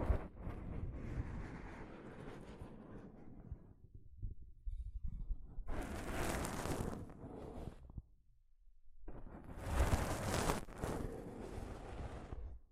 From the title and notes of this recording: ASMR Mic Brushing using Soft Fabric (No Talking).